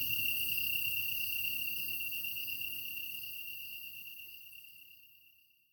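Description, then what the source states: Kantan tree cricket song, a steady high continuous trill with a pure ringing tone that runs unbroken and slowly fades toward the end. Recorded 23 August 2010 at 21:22.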